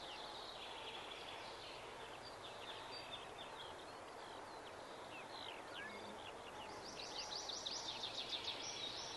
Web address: bbc Bird Song Site Wren - Roitelet